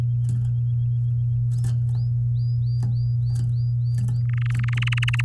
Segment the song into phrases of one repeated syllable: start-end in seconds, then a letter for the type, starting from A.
4.29-5.21 A